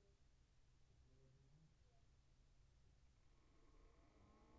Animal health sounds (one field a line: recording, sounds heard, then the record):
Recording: poultry house recording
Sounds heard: no chicken sound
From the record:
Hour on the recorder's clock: 18